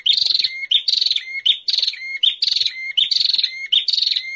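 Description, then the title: Prinia repeating rapid, rattling buzzy phrases, each closing on a short lower whistle, more than once per second in a steady, insistent stream. Noisy prinia calls used as a lure for catching prinias, including the red-headed prenjak. "Suara Prenjak Ribut Ampuh Buat Pikat Burung Prenjak Kepala Merah Prenjak Tamu"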